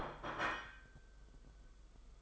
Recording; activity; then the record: daily activity, microphone in the room; place plate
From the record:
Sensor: 5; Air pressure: 991.0 hPa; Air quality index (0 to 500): 138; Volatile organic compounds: 95 ppm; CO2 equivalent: 3721 ppm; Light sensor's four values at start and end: 38/120/46/49 and 38/120/46/49